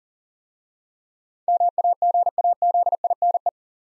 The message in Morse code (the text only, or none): MAGAZINE